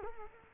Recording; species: mosquito wingbeat signal from an infrared sensor; Culex quinquefasciatus